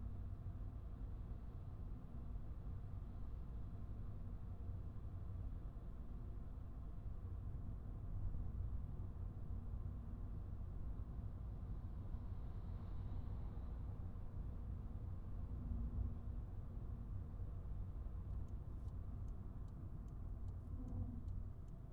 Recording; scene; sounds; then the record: everyday scene through a hearing-aid microphone; in a vehicle; engine, highway driving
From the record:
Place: Skoda Fabia, gasoline engine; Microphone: behind the ear, right, front